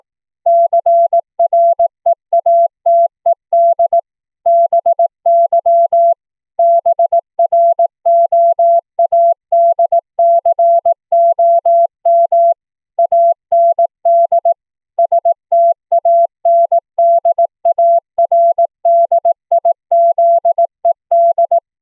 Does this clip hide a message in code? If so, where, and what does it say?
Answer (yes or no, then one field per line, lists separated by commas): yes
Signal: Morse code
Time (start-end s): 0.5-21.6 s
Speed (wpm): 18 wpm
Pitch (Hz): 680 Hz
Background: none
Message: CREATED BY BROADCOM AND STANDARDIZED